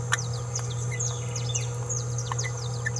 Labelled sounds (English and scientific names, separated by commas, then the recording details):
Green-rumped Parrotlet (Forpus passerinus) babbling
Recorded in a nest box in Venezuela
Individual 18B17A4